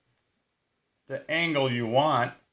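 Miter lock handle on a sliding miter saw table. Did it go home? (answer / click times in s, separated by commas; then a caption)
no / none. Someone talks about adjusting the miter angle while handling the miter lock handle on the table of a Ryobi sliding miter (chop) saw. The first second is silent, then speech runs from about 1.1 to 2.4 seconds. Nothing has clicked or locked yet.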